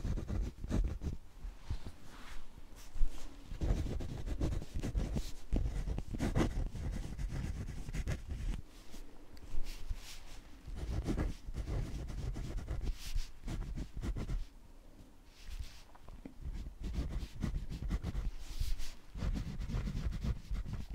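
Pen writing on paper: irregular strokes and taps come in quick, uneven bursts, with a heavy low thud and rub under a thinner scratch. Activity stays busy throughout, easing briefly around fourteen seconds before the scratching resumes.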